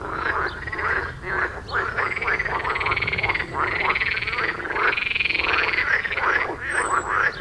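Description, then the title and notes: Frog chorus of long, rolling, purring croaks overlapping steadily, with brief rattles between and a faint high chirp near the end. Frog chorus at the village pond in Wohlsborn, Germany; recorded with a TASCAM DR-40X. "Wohlsborn, Deutschland - Froschkonzert. Frog concert. Froschkonzert am Dorfteich in Wohlsborn"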